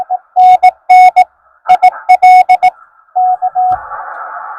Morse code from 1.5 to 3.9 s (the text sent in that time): IL K